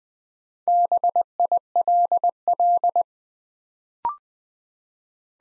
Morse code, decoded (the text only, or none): BILL